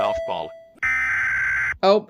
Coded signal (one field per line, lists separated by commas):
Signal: Emergency Alert System (SAME) tones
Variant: header bursts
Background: speech